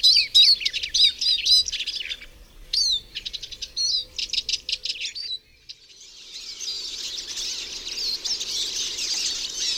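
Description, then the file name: Eurasian siskin song: rapid high twittering and trilled phrases for about five seconds, then a steady hiss of background noise. "czyz"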